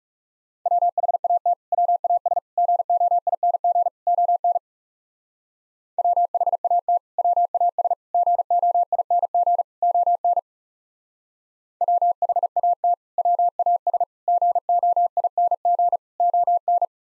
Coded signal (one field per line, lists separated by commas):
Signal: Morse code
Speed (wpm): 36 wpm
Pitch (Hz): 700 Hz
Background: none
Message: WHAT WAS GOING ON WHAT WAS GOING ON WHAT WAS GOING ON